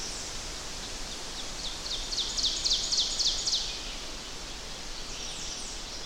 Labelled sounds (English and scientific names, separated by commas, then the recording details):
Ovenbird (Seiurus aurocapilla) song
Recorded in boreal forest in Alberta, Canada, on 10 June 2016 at 06:54
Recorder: SongMeter 3, array SBT-3-39
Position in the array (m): 198 m, 75 m
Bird 17